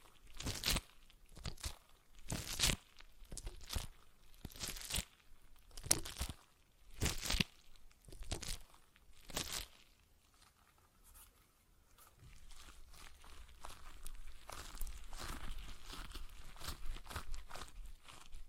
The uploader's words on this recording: ASMR Relaxing Stress Ball Sounds (No Talking).